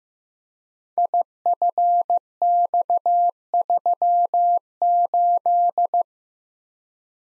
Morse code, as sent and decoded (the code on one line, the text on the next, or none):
.. ..-. -..- ...-- ---..
IFX38